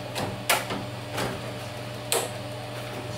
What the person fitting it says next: Snaps right in.